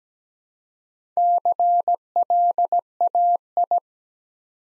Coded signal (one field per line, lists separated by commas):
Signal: Morse code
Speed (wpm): 17 wpm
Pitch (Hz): 700 Hz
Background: none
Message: CLAI